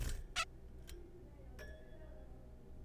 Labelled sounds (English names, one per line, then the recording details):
Zebra Finch
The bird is a juvenile
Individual R3428